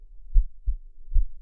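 Soft, low thuds come in a lub-dub pattern, a pair and then the start of the next beat, at roughly 75 beats a minute. The heartbeat is steady and regular, heard close against an adult's chest, with a faint low hum underneath.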